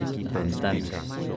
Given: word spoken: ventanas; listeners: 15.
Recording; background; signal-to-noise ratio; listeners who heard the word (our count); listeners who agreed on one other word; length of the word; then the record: one Spanish word in noise, from a listening test; eight-talker babble; 0.4 dB; 1 of 15; 9 of 15; 0.97 s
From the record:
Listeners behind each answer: 9, 1, 1, 1, 1, 1, 1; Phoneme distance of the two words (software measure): 44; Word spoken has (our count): 3 syllables, 8 phonemes, stress on syllable 2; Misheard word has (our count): 3 syllables, 8 phonemes, stress on syllable 3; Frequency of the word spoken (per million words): 26.58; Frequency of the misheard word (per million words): 44.47